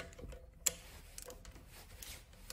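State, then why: Torque reached. A click-type torque wrench set to 22 ft-lb tightens an intake manifold bolt on a Ford Ranger, and a sharp, bright click rings out at 0.7 s as the wrench reaches its setting. A few much quieter ticks follow at about 1.2, 1.3, 2.0 and 2.5 s over low background noise, and the bolt is confirmed torqued.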